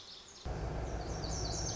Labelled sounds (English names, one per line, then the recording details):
Lazuli Bunting
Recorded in Sonoma County, California